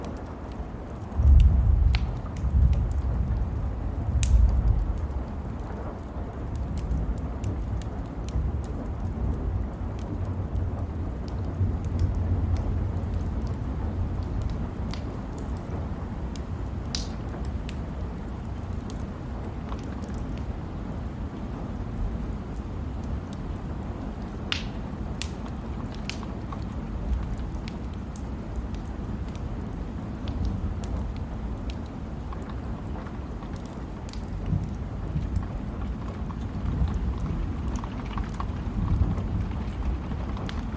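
A wood stove burns on a rainy night, with a steady deep rumble and a soft hiss of rain underneath. Sharp crackles and pops break through now and then, a louder cluster near the start and scattered snaps around the middle.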